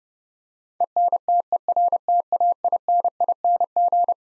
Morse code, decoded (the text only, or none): ENTERTAINING